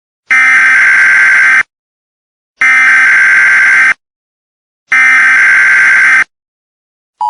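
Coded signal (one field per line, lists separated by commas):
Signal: Emergency Alert System (SAME) tones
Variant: header bursts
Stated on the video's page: Fictional EAS scenario, not a real alert.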